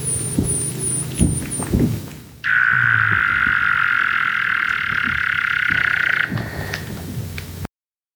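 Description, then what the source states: Weddell seal calls: a run of quick high arched whistles, then a long steady mid-pitched tone lasting about four seconds, over low knocking and rumbling. Ultrasonic vocalizations lowered to a quarter of their original frequencies and played at normal speed; McMurdo Sound, Antarctica, 2017 and 2018.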